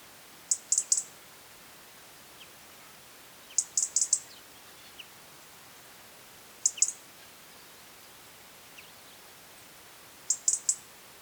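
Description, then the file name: European robin calls: sharp high clicks in bunches of two to four, spaced roughly three seconds apart, over a quiet background. "Erithacus rubecula"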